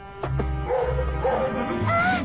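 animal, dog barking

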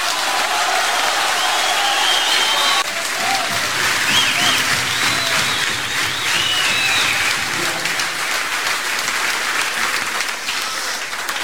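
crowd, loud audience applause

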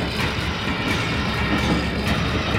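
vehicle, train riding on rails

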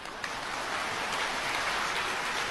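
crowd, audience applause

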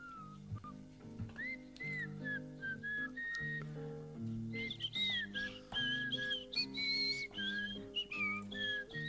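human body sound, whistled tune

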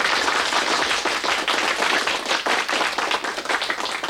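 crowd, loud applause

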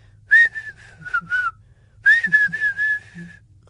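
human body sound, person whistling

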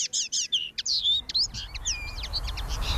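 bird, common linnet singing

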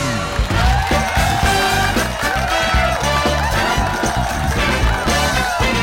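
crowd, audience applause

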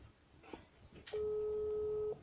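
signal or alarm, telephone ringing

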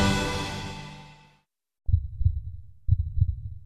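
sound effect, heartbeat sound effect

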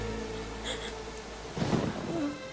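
nature, heavy pouring rain

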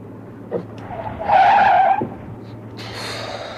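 vehicle, car skidding

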